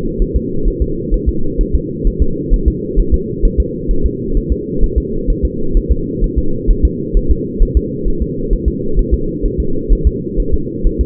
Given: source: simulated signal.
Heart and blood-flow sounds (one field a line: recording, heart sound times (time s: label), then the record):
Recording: fetal heart sounds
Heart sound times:
0.22 s: S1
0.37 s: S2
0.68 s: S1
0.82 s: S2
1.14 s: S1
1.29 s: S2
1.61 s: S1
1.75 s: S2
2.07 s: S1
2.22 s: S2
2.54 s: S1
2.68 s: S2
3.00 s: S1
3.14 s: S2
3.45 s: S1
3.60 s: S2
3.91 s: S1
4.06 s: S2
4.37 s: S1
4.52 s: S2
4.84 s: S1
4.98 s: S2
5.30 s: S1
5.45 s: S2
5.77 s: S1
5.92 s: S2
6.24 s: S1
6.38 s: S2
6.71 s: S1
6.85 s: S2
7.17 s: S1
7.31 s: S2
7.63 s: S1
7.77 s: S2
8.08 s: S1
8.23 s: S2
8.53 s: S1
8.68 s: S2
8.99 s: S1
9.14 s: S2
9.46 s: S1
9.60 s: S2
9.93 s: S1
10.07 s: S2
10.40 s: S1
10.54 s: S2
10.87 s: S1
11.01 s: S2
From the record:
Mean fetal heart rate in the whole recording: 130 bpm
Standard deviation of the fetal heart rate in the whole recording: 4 bpm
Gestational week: 38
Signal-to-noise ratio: -8.1 dB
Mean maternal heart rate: 72 bpm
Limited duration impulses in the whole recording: present